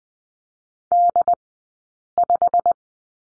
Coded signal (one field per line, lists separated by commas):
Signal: Morse code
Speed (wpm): 20 wpm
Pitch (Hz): 700 Hz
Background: none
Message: D5